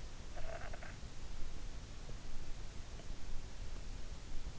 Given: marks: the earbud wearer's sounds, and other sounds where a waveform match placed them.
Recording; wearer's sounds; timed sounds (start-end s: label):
sounds in sleep by an in-ear microphone; breath
0.31-0.96 s: breath